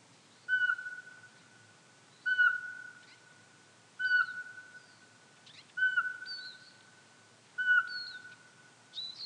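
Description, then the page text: Eurasian pygmy owl uttering a steady series of five even, piping whistles spaced about two seconds apart, with faint high chirps from other birds between them. "Jelmer Poelstra - Воробьиный сычик (Glaucidium passerinum)"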